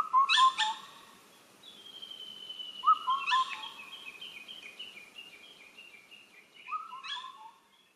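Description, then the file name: Indian cuckoo call: short whistled phrases repeated a few times, with another bird's long, high series of notes running between them. Recorded in Oita on 5 June 2021. "segurokakko 210605 oita ikenaga"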